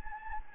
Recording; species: mosquito wingbeat signal from an infrared sensor; Anopheles gambiae